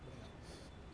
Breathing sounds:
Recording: one breath in and out by a microphone near the nose and mouth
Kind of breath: strong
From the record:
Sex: male

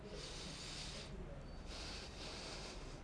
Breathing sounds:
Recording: one breath in and out by a microphone near the nose and mouth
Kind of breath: deep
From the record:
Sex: male

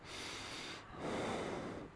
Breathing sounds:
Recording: one breath in and out by a microphone near the nose and mouth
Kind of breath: normal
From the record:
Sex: male

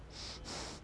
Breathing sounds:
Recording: one breath in and out by a microphone near the nose and mouth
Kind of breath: strong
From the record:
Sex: male

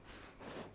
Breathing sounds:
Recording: one breath in and out by a microphone near the nose and mouth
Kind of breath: strong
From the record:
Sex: female

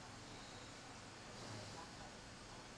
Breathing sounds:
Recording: one breath in and out by a microphone near the nose and mouth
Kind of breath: normal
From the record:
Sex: male

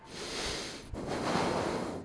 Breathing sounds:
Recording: one breath in and out by a microphone near the nose and mouth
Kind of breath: deep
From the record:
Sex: male

